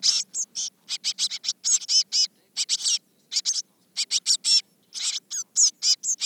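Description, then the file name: Eurasian blue tit giving harsh, scratchy call notes in short bursts, irregular chattering runs with brief pauses, high-pitched and buzzy throughout. "Cyanistes caeruleus"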